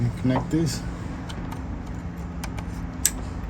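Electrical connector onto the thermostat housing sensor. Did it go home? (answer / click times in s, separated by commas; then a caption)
yes / 3.1 s. Someone talks while an electrical connector is pushed onto the sensor of a new thermostat housing during a water pump and thermostat replacement on a 2001–2011 Ford Ranger 2.3. A few faint ticks come first, then one sharp, short plastic click at 3.1 s as the connector clicks in and seats.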